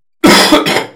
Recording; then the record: coughing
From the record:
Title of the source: Man Coughing Sound - Wet Cough Sound Effect